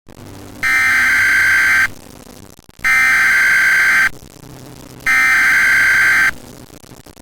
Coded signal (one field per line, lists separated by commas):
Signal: Emergency Alert System (SAME) tones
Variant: header bursts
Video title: EAS Required Monthly Test Recreation (Chicago Area) | Fan-Made EAS Scenario (Read description)